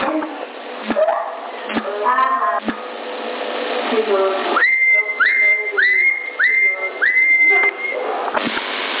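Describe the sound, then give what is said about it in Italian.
Over a thin, band-limited CB radio channel in Sassari, someone whistles a string of five or six high, sustained notes, each swooping upward at the start, after a stretch of muffled talk and clicks. “Chi è che fischia?”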